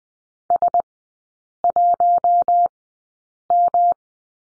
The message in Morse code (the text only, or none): S1M